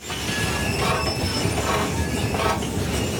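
Empty escalators run in a train station in Berlin, nearly deserted during a transport strike, with a steady mechanical rumble and whir, with thin high-pitched whines drifting in and out over the drone. No voices are heard.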